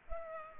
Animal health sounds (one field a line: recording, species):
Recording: mosquito wingbeat signal from an infrared sensor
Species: Culex pipiens